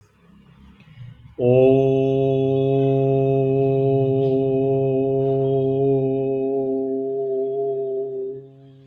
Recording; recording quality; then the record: sustained vowel as in boot; excellent, no background noise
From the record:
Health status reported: exposed to COVID-19, no respiratory illness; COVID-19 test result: negative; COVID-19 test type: rapid antigen test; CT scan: not taken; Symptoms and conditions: cold, fatigue, muscle pain, diabetes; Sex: male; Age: 52 years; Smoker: no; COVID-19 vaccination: both doses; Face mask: not worn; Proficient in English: yes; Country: India